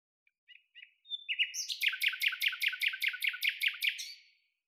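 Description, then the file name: Common nightingale singing one phrase: a few soft separated notes, then a rapid, even series of about a dozen loud chopping notes. "Luscinia megarhynchos"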